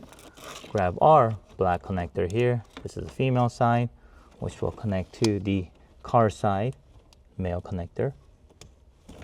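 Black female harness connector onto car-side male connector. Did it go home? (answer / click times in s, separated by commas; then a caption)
yes / 8.6 s. Someone talks while holding a black female harness connector for a Beat-Sonic Encore Alpha amplifier install in a Toyota Tundra, then mates it to the car-side male connector. A sharp click is heard at 8.6 s as the black connector seats, confirmed by the click.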